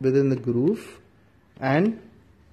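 A Sena 20S motorcycle Bluetooth intercom unit is handled and placed into the groove of its helmet mounting clamp while someone talks. Nothing has seated or clicked yet, and only speech is heard, with a quiet pause between the phrases.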